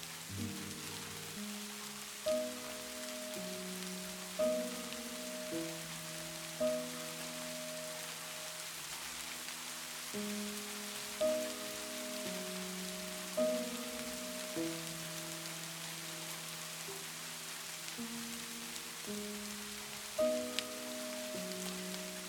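Steady rain hisses softly and evenly throughout, underneath slow classical music. The music moves in sustained low and middle notes that change every second or so, with brighter accented notes recurring roughly every two seconds.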